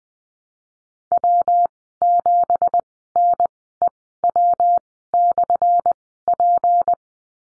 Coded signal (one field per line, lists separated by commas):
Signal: Morse code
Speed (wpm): 19 wpm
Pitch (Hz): 700 Hz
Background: none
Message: W7NEW/P